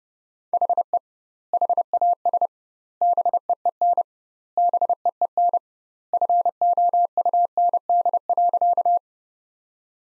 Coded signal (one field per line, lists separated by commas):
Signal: Morse code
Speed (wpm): 30 wpm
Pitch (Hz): 700 Hz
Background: none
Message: HE HAS BEEN BEEN FOUND.